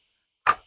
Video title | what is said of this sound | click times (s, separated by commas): Camper Van Walk-Through - Find Your Blue KC | now it's locked into place | 0.5 s